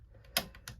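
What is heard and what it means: A plastic tab on a section of a transforming toy is pushed into its mating slot and seats with a sharp, loud click at 0.4 s. Fainter ticks come before and after, with a second clear click at 0.7 s. The tab is seated.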